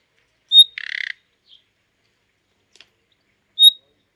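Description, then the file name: Common nightingale song: a pure whistled note, a short buzzy rattle, then faint notes and another clear whistle after a pause. "Luscinia megarhynchos"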